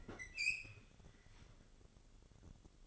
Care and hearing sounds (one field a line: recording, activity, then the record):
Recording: daily activity, microphone in the room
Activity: open fridge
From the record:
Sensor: 4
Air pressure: 1008.6 hPa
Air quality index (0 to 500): 73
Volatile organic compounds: 1 ppm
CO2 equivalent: 627 ppm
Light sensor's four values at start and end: 12/28/11/11 and 11/25/10/11